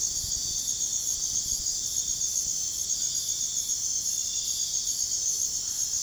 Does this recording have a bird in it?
no